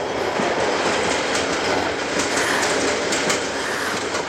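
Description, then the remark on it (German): A train rumbles steadily as it passes over a bridge, with a dense, continuous roar and faint rhythmic clicking of wheels on track, loud and unbroken throughout, with no voices. “Dann warte ich, bis der Zug die Brücke passiert.”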